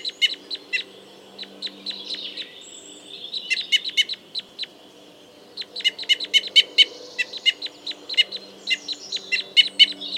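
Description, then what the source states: Red crossbill calls: sharp, clipped kip notes in quick runs, broken by quieter gaps. Type N call type.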